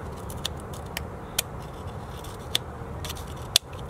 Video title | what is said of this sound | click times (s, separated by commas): How to replace upper radiator hose bmw e90 e91 e92 e93 325i 328i 330i 335i xi | until it clicks like that | 3.6 s